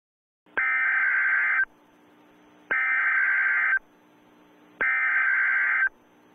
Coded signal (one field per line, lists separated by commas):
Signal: Emergency Alert System (SAME) tones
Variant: header bursts